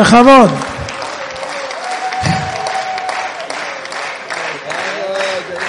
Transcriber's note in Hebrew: האשה עולה לבמה לשים כיסוי ראש ולברך שהחיינו – לקול מחיאות כפים ועידוד מהקהל